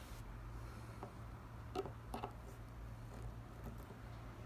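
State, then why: Not seated. A metal chain brake part, the brake band or brake spring mechanism, is worked by hand into the clutch-side brake assembly of a Husqvarna 236e chainsaw during reassembly after a brake band replacement. Faint scraping and tapping handling sounds are heard over a steady low hum, with brief light scrapes around 1.8 and 2.2 seconds. Nothing has seated or clicked into place yet.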